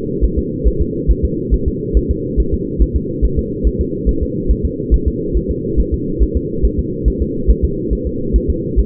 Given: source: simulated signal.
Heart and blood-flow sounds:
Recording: fetal heart sounds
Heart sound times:
0.25 s: S1
0.39 s: S2
0.67 s: S1
0.82 s: S2
1.11 s: S1
1.25 s: S2
1.54 s: S1
1.68 s: S2
1.97 s: S1
2.11 s: S2
2.40 s: S1
2.54 s: S2
2.82 s: S1
2.96 s: S2
3.25 s: S1
3.39 s: S2
3.67 s: S1
3.81 s: S2
4.09 s: S1
4.23 s: S2
4.51 s: S1
4.65 s: S2
4.94 s: S1
5.08 s: S2
5.37 s: S1
5.51 s: S2
5.80 s: S1
5.94 s: S2
6.23 s: S1
6.37 s: S2
6.65 s: S1
6.79 s: S2
7.08 s: S1
7.22 s: S2
7.50 s: S1
7.64 s: S2
7.93 s: S1
8.07 s: S2
8.36 s: S1
8.50 s: S2
8.79 s: S1
From the record:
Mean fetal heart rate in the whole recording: 140 bpm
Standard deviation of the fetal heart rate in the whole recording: 2 bpm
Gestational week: 34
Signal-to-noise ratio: -6.6 dB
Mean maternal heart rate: 72 bpm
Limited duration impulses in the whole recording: present

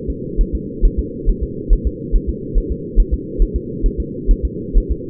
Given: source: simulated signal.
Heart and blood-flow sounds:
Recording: fetal heart sounds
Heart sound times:
0.10 s: S2
0.41 s: S1
0.55 s: S2
0.85 s: S1
0.99 s: S2
1.29 s: S1
1.43 s: S2
1.73 s: S1
1.87 s: S2
2.16 s: S1
2.30 s: S2
2.58 s: S1
2.72 s: S2
3.00 s: S1
3.14 s: S2
3.42 s: S1
3.56 s: S2
3.86 s: S1
4.00 s: S2
4.31 s: S1
4.45 s: S2
4.78 s: S1
4.92 s: S2
From the record:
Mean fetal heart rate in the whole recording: 130 bpm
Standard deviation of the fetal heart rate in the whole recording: 4 bpm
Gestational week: 38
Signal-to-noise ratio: -4.1 dB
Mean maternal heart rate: no maternal heart sound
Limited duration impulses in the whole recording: absent

